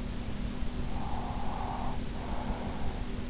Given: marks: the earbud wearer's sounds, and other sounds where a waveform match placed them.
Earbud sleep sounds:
sounds in sleep by an in-ear microphone; breath
0.74-3.29 s: breath

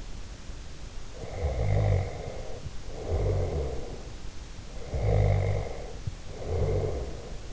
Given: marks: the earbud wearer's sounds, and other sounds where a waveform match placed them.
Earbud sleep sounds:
sounds in sleep by an in-ear microphone; snoring breath
1.27-4.06 s: snoring breath
4.80-7.53 s: snoring breath

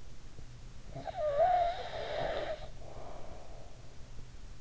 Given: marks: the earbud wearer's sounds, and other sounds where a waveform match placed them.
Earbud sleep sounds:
sounds in sleep by an in-ear microphone; snoring breath
0.45-3.91 s: snoring breath

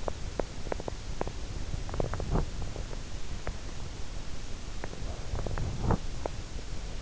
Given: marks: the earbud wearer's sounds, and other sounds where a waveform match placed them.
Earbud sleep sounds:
sounds in sleep by an in-ear microphone; teeth grinding
0.00-1.40 s: teeth grinding
1.78-2.54 s: teeth grinding
5.22-6.05 s: teeth grinding
6.17-6.38 s: teeth grinding

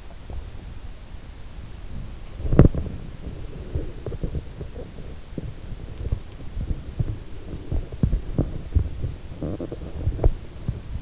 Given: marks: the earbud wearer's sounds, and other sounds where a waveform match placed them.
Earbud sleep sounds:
sounds in sleep by an in-ear microphone; body movement
0.18-11.02 s: body movement

